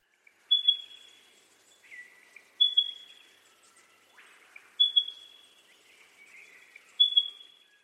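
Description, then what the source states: Spotted Pardalote calls: high, clear whistled notes with a lower note between, repeated about every two seconds in quiet surroundings. Recording by Marc Anderson; played as the first of two pardalote calls in a quiz.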